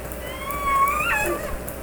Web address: SRKW call-catalog. Orca Calls. call 6 uk(Jpod)